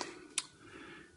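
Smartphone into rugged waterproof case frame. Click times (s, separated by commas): 0.4 s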